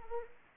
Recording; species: mosquito wingbeat signal from an infrared sensor; Anopheles arabiensis